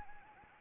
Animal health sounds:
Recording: mosquito wingbeat signal from an infrared sensor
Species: Anopheles gambiae

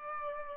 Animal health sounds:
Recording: mosquito wingbeat signal from an infrared sensor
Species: Aedes aegypti

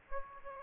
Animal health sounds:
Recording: mosquito wingbeat signal from an infrared sensor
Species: Aedes aegypti

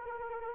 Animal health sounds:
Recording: mosquito wingbeat signal from an infrared sensor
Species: Anopheles arabiensis

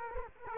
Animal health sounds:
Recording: mosquito wingbeat signal from an infrared sensor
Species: Culex quinquefasciatus

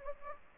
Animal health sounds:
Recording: mosquito wingbeat signal from an infrared sensor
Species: Anopheles gambiae

